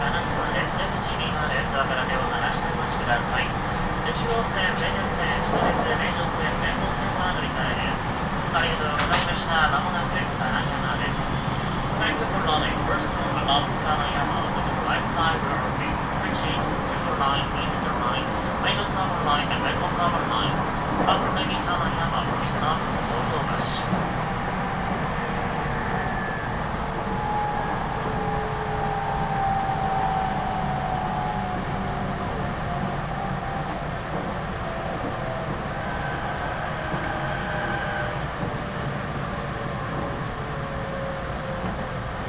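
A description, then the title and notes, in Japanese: A Tokaido Line local train runs with a steady dense rumble, motor tones gliding across it and brief clicks and voices early on. 東海道本線 普通列車 南大高→名古屋。東海道本線の普通列車はこまめに停車していくので、モーター音がよく聞こえます。名古屋に向かう人が続々と乗ってきてむしろ新快速よりも混雑します。４両編成。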